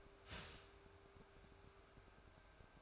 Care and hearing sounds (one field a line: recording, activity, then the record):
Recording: daily activity, microphone in the room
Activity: start toaster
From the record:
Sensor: 2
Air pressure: 1014.6 hPa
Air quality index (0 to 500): 200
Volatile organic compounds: 22 ppm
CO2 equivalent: 2745 ppm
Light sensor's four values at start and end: 3/9/3/3 and 3/9/3/3